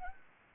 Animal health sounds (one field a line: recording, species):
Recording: mosquito wingbeat signal from an infrared sensor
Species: Anopheles arabiensis